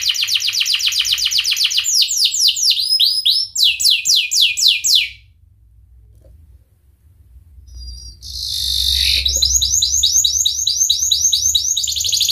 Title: Kenari Gacor Cengkok Terbaik Isian Paling Mewah